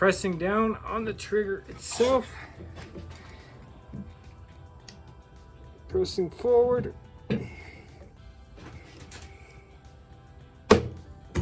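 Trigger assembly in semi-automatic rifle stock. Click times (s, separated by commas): 10.7 s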